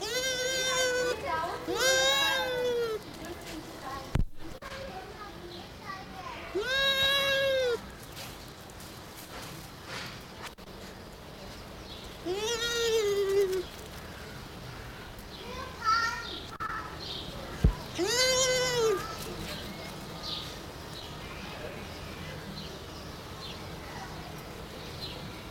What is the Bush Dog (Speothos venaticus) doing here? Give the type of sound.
whimpering